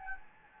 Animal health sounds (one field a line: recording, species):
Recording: mosquito wingbeat signal from an infrared sensor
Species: Anopheles gambiae